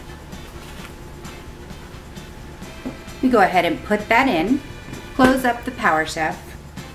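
Seasoning goes into the bowl of a pull-cord food chopper and its plastic lid is closed onto the bowl, heard as a few seconds of quiet handling noise before someone talks. The clip ends before the lid locks into place, so nothing has seated or clicked yet.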